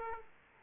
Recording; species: mosquito wingbeat signal from an infrared sensor; Aedes aegypti